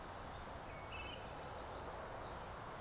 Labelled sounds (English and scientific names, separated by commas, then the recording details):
Eurasian Woodcock (Scolopax rusticola)
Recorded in Baden-Württemberg, Germany, on 3 June 2021 at 19:39 UTC
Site 45499, 200 m above sea level